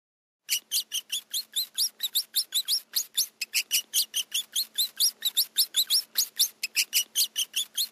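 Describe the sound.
Rat squeaks: a fast series of short, high chirps, many with an upward-sweeping tone, continuing to the end.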